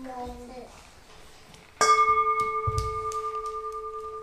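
A single gong stroke lands sharply, then rings on with a steady, shimmering hum that pulses gently as it slowly fades. A short tonal sound comes before it, and faint clicks follow.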